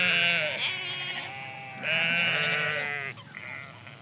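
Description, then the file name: Sheep bleating: two long, wavering harmonic bleats, the second starting near two seconds, followed by a quieter short bleat at the end. Recorded 2 March 2008. "20080302 Sheeps Close"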